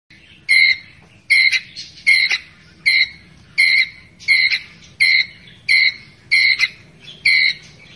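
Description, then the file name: Ground squirrel chirping insistently, short high squeaks repeating regularly throughout, some notes closely paired, against a quiet backdrop. Ground squirrel calling to its group. "Tieng soc dat goi bay"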